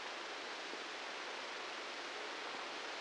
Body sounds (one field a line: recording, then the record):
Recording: brain microelectrode recording played as sound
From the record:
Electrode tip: outside the subthalamic nucleus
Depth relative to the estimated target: -4 mm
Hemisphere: right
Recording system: NeuroSet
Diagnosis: Parkinson's disease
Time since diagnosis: 19 years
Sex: female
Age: 69 years